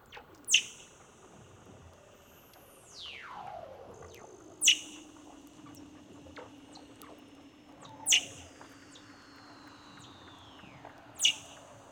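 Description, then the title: Weddell seal underwater calls: a dramatic whistle dropping steeply then holding low, with loud sharp pulses repeated about every three to four seconds. "Douglas Quin - Weddell Seals (Underwater)"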